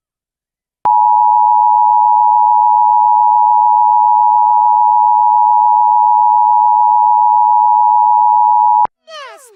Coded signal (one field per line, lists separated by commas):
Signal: Emergency Alert System (SAME) tones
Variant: 853 and 960 Hz attention tone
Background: speech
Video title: National EAS Test Compilation (October 3, 2018, NYC)